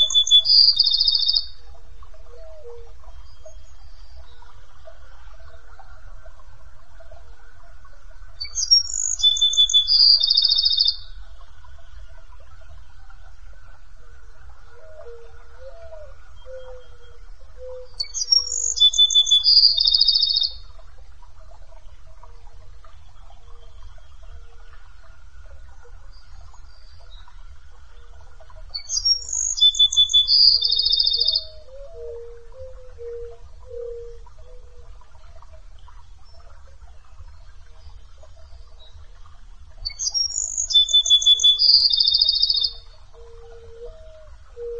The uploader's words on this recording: The singing of birds and the fragrance of flowers are like being in a peach blossom garden in the world.